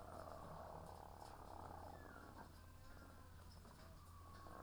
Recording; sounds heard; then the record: poultry house recording; sick chickens (respiratory disease)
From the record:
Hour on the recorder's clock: 18